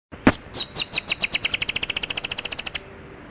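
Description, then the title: Dusky-tailed antbird calling a series of about twenty high, thin notes that gradually speed up over roughly two and a half seconds. "LuckyPassaro Completos2Sama. Dusky-tailed Antbird (Drymophila malura)"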